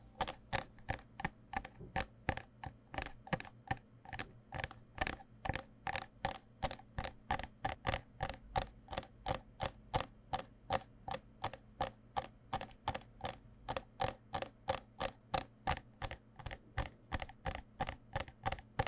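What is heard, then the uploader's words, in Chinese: Fingers tap on cardboard cups in a steady, even rhythm, about two or three crisp knocks each second for the whole stretch. Each tap is short and bright with a slight hollow ring, over a constant low hum underneath. 紙杯. 紙盒.紙容器觸發。Tapping Cardboard Cups。NO Talking。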